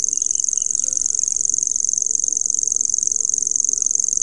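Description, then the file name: Common grasshopper warbler song, an unbroken high mechanical reel of fast, evenly spaced clicks, with faint low background noise. "grasshopper warbler omkicau"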